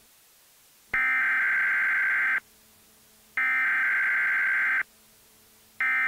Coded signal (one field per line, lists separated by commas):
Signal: Emergency Alert System (SAME) tones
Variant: header bursts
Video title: EAS Scenario: And Then There Was Silence